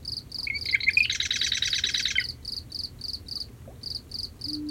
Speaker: Listen to this night-active marsh wren, singing along with a cricket from cattails at the edge of a salt marsh, while a foghorn sounds off in the distance.